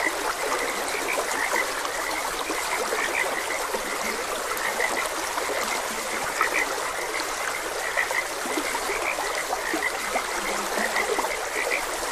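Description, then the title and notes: Frogs give scattered short chirping calls and occasional low croaks while a stream flows steadily throughout. Frogs croaking beside a gentle stream. "Frogs Croaking. Sleep and Relaxation Podcast"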